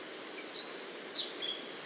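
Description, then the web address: Black-faced bunting uttering a short cluster of thin, high whistles and chirps over steady background noise. Siberian form of black-faced bunting, recorded in the Amur region on 2 June 2008. "shiryo koe shiberiaaoji 080602 amur hanada"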